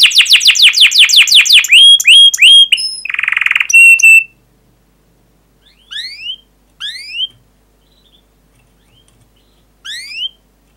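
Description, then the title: Canary song opening with a loud fast series of rising whistled sweeps, a brief buzzy note and short trills, followed by a few quieter isolated rising chirps. Lively, fast, dense canary song used to prompt young canaries to learn to sing. "Kenari Gacor Speed RAPAT Cuit Cuit Ngero L Suara Bagus Untuk Pancingan Kenari Paud Belajar Bunyi"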